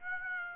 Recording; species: mosquito wingbeat signal from an infrared sensor; Aedes aegypti